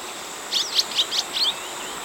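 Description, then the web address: Southern rough-winged swallow twittering a quick run of five rough chirped notes, with a steady high hum in the background. Recorded in Ecuador, South America. "S America Birds of Ecuador. Southern Rough-winged Swallow"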